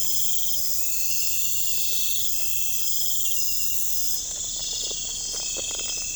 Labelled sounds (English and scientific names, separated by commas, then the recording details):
none
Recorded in pastures near Puerto Asís, Putumayo, Colombia, on 21 December 2024 at 01:30
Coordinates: 0.496, -76.326
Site G004